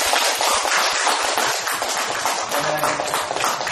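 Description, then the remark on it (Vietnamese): A crowd at a Buddhist dharma talk breaks into sustained applause for the headmaster of Nguyên Thiều school, a dense, steady crackle of many hands clapping at once that stays loud and even for the whole few seconds without fading. “Cho nên xin giới thiệu thêm toàn cho quý vị, thầy hiệu trưởng của trường Nguyên Thiều, một tràng pháo tay Phật.”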